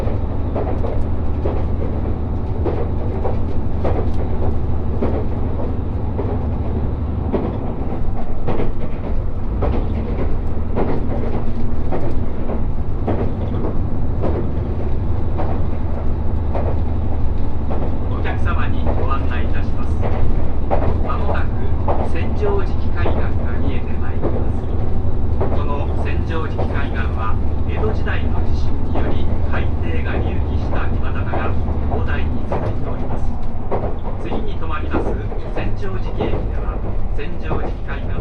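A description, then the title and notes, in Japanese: A train interior on a coastal line: a steady, loud low rumble of the running carriage fills the whole recording. Voices murmur throughout, growing busier and clearer after about eighteen seconds, with faint rattles and clicks over the constant hum. 五能線リゾートしらかみ4号 鯵ヶ沢→深浦。リゾートしらかみ4号は鯵ヶ沢から日本海沿いに走っていきます。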